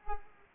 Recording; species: mosquito wingbeat signal from an infrared sensor; Culex pipiens